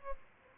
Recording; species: mosquito wingbeat signal from an infrared sensor; Aedes albopictus